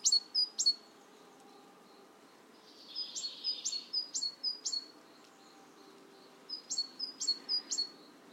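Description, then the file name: Great tit delivering high two-note phrases in three runs, the middle run accompanied by a softer, hissy rustle, against a quiet background. "Parus major"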